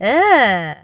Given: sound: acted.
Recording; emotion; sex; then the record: nonverbal affect burst; disgust; female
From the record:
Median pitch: 217 Hz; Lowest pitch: 136 Hz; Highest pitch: 422 Hz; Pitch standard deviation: 90 Hz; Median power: 79.0 dB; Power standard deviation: 10.8 dB